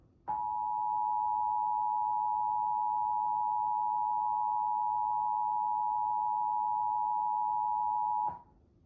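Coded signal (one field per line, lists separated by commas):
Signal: Emergency Alert System (SAME) tones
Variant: 853 and 960 Hz attention tone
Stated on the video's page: NYC Required Monthly Test SAME tones recorded off five TV stations via DVR.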